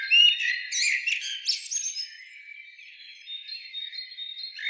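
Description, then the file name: Common blackbird making loud rasping chatter in the first two seconds, followed by a quieter drawn-out thin tone. "Turdus merula"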